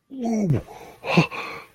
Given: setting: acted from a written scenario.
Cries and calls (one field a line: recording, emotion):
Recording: vocal sound without words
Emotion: distress